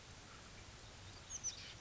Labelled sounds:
Oak Titmouse (Baeolophus inornatus)
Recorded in Sonoma County, California

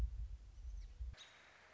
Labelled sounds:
American Robin (Turdus migratorius)
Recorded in Sonoma County, California

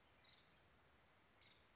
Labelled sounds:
Nuttall's Woodpecker (Dryobates nuttallii)
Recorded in Sonoma County, California

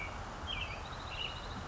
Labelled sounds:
Western Tanager (Piranga ludoviciana)
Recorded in Sonoma County, California

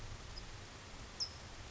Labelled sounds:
California Towhee (Melozone crissalis)
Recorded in Sonoma County, California

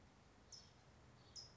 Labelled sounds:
California Towhee (Melozone crissalis)
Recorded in Sonoma County, California

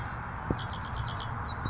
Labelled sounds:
Red-winged Blackbird (Agelaius phoeniceus)
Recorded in Sonoma County, California

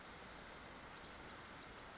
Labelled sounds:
Western Flycatcher (Empidonax difficilis)
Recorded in Sonoma County, California

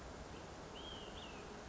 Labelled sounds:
Olive-sided Flycatcher (Contopus cooperi)
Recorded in Sonoma County, California

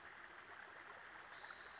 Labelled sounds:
Spotted Towhee (Pipilo maculatus)
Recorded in Sonoma County, California

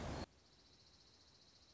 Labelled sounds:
Dark-eyed Junco (Junco hyemalis)
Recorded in Sonoma County, California

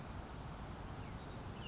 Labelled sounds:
Savannah Sparrow (Passerculus sandwichensis)
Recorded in Sonoma County, California

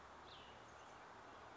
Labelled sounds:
Cassin's Vireo (Vireo cassinii)
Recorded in Sonoma County, California

